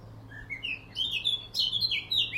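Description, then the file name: Eurasian blackcap song: a single fast warbled phrase that starts with thin rising notes and swells into louder, rich fluty twists. "Sylvia atricapilla"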